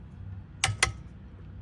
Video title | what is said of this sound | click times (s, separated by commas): 23 Essential Rv Accessories I use for my travel trailer #rvlife | to each one until it clicks. | 0.6 s